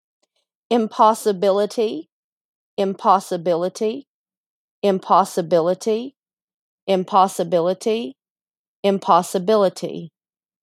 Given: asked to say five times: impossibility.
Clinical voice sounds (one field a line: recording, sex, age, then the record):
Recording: repeated word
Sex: female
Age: 30 to 39 years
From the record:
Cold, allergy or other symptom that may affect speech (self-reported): no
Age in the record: 39 years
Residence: United States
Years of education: 14